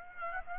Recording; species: mosquito wingbeat signal from an infrared sensor; Aedes aegypti